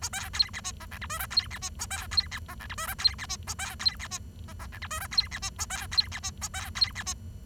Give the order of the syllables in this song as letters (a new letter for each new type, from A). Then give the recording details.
A B C D E F G H I J C D E A B C D F G H I J C D E A B C D E F F G H I J C D E A B C D E A B C D E. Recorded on 23 June 2012 at 08:03. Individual gr41rd51